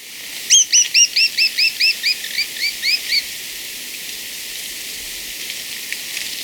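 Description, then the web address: Black-crested tit-tyrant calling a series of about twelve short, high, upslurred notes, evenly spaced and fading slightly over two and a half seconds, followed by quiet. Ecuador. "Birds of Ecuador 2. Black-Crested Tit-Tyrant"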